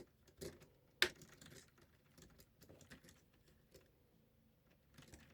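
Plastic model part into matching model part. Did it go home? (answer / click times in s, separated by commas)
yes / 1.0 s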